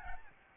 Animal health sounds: mosquito wingbeat signal from an infrared sensor; Aedes albopictus

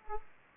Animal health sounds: mosquito wingbeat signal from an infrared sensor; Aedes aegypti

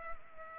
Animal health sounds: mosquito wingbeat signal from an infrared sensor; Culex pipiens

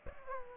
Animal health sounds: mosquito wingbeat signal from an infrared sensor; Aedes aegypti

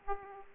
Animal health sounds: mosquito wingbeat signal from an infrared sensor; Aedes aegypti

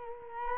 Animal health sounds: mosquito wingbeat signal from an infrared sensor; Culex quinquefasciatus

